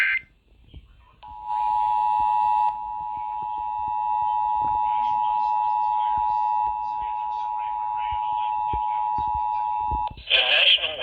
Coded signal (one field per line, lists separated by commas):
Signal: Emergency Alert System (SAME) tones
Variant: 853 and 960 Hz attention tone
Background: speech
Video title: EAS/NWR Alert or message #1297: Tornado Warning #7 for 2023